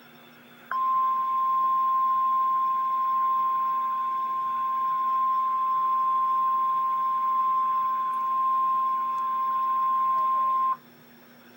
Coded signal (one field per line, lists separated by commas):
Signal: Emergency Alert System (SAME) tones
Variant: 1050 Hz attention tone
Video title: REAL EAS 835-Special marine warning